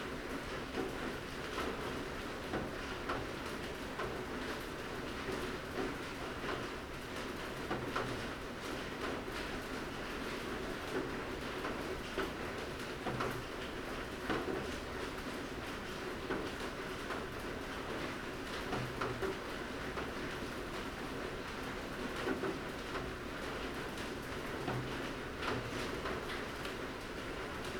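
Light rain falls steadily, a dense, even hiss filling the whole half-minute without pause. Countless small ticks and taps of drops run through it at an irregular, rapid pace, over a soft low rumble that stays constant underneath.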